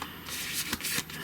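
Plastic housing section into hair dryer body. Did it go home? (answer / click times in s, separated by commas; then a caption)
yes / 0.7 s. A plastic housing section is pressed down into the body of a GHD Helios HE001 hair dryer, with soft rubbing and handling noise throughout. A sharp click at 0.7 s marks the housing snapping into place, seated, followed by a quieter knock near 1.1 s.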